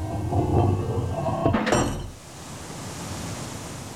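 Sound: wind blowing outdoors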